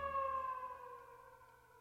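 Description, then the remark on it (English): Sirens of more fire engines arriving wail in a steady, harmonic tone that drifts slowly downward in pitch, fading gradually over a couple of seconds. No one speaks. “More fire engines arriving.”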